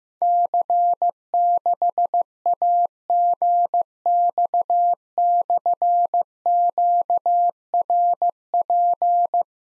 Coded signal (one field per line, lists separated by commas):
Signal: Morse code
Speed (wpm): 15 wpm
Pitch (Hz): 700 Hz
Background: none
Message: C6AGX/QRP